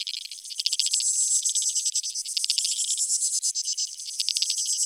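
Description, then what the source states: Insects trilling in a thick high chorus, quick stuttering pulse trains layered over a steady hiss-like buzz throughout. Creek insects; field recordings made in 2011 in Australia or Portugal for a collaborative soundwork, some recordings left unaltered and others processed.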